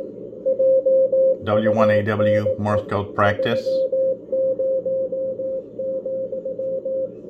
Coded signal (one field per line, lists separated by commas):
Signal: Morse code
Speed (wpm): 17 wpm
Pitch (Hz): 530 Hz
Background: speech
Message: JUNE 30,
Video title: Chinese DSP SDR Malahit clone W1AW morse code CW decode on Android tablet W6LVP loop antenna